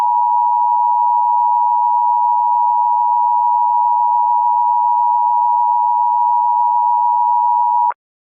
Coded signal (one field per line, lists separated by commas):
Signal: Emergency Alert System (SAME) tones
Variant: 853 and 960 Hz attention tone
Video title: EAS Scenario - Blue Moon Virus Remastered